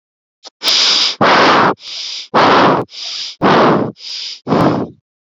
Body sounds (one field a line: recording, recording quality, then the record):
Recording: shallow breathing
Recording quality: excellent, no background noise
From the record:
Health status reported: COVID-19 positive, mild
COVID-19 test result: positive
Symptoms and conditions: cold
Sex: male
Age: 26 years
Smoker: not ticked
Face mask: not worn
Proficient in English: yes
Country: India